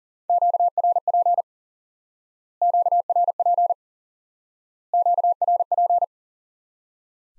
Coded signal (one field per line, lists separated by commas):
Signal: Morse code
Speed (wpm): 40 wpm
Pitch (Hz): 700 Hz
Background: none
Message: QRP QRP QRP